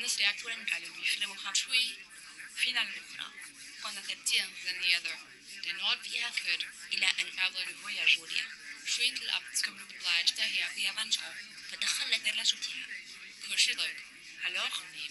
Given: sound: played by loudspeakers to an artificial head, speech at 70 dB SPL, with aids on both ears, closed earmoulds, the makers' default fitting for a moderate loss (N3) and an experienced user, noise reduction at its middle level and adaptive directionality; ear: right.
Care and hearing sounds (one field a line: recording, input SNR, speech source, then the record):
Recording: speech test signal (ISTS) in cocktail-party noise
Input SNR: 0 dB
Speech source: in front (0 degrees)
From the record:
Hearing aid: class 2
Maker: H